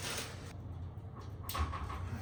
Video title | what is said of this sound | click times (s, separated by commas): GE Washer Just Clicks Never Starts Washing | That snapped right in. | 1.5 s